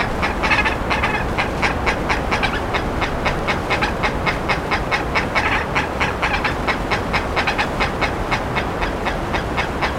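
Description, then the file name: Bird calls, a steady rapid sequence of brief harsh notes, a louder cluster at the start, over a low, constant rumble. "SABIOD 50 bird 2015"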